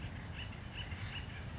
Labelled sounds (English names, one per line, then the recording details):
Acorn Woodpecker
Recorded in Sonoma County, California